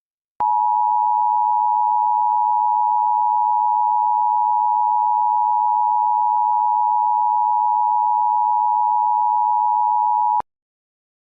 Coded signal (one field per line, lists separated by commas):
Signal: Emergency Alert System (SAME) tones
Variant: 853 and 960 Hz attention tone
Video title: |Part 1| EAS Scenario #21 - Theia Virus (T30-Virus)